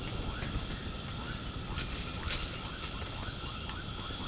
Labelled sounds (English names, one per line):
none